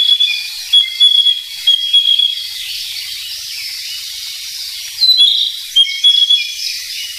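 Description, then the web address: Narcissus flycatcher song of clear high whistles and short chirps in quick phrases, a quiet pause, then further whistled phrases. "sikioto. kibitaki"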